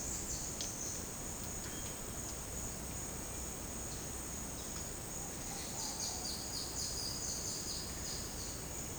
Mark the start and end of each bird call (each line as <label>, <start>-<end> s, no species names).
bird call, 0.00-1.06 s
bird call, 1.54-1.92 s
bird call, 5.03-8.59 s